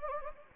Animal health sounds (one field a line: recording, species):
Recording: mosquito wingbeat signal from an infrared sensor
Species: Anopheles gambiae